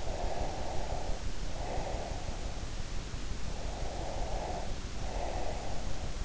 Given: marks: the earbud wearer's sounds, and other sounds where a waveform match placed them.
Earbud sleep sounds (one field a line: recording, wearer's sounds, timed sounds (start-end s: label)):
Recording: sounds in sleep by an in-ear microphone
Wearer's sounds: breath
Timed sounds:
0.00-2.73 s: breath
3.70-6.11 s: breath